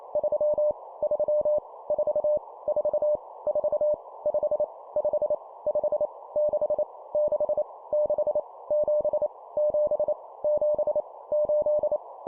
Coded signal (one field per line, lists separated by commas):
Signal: Morse code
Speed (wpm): 28 wpm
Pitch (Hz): 600 Hz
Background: none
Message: 3 3 4 4 4 5 5 5 6 6 6 7 7 7 8